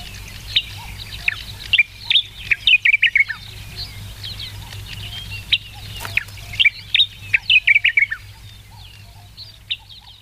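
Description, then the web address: Sakhalin grasshopper warbler song: phrases of sharp, loud whistled notes in quick runs, repeated a few times, amid constant twittering of other birds and a faint hum. "sikioto birds ezosenyo"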